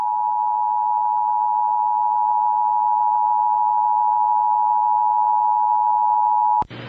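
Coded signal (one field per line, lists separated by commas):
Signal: Emergency Alert System (SAME) tones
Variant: 853 and 960 Hz attention tone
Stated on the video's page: Tsunami Warnings for the Alaska Peninsula after a magnitude 7.5 earthquake near Sand Point, Alaska.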